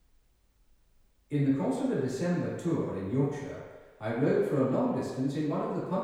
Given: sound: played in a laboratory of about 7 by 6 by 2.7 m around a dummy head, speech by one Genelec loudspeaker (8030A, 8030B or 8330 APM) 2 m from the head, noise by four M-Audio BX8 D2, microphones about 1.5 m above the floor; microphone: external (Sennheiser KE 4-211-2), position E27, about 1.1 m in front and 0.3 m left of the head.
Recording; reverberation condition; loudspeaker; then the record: male speech in English; high; behind (180 degrees)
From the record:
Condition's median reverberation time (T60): about 1300 ms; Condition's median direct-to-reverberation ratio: about -4.0 dB